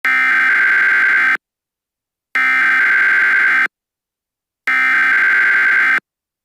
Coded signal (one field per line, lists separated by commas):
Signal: Emergency Alert System (SAME) tones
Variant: header bursts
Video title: EAS Winter Storm Warning in Wisconsin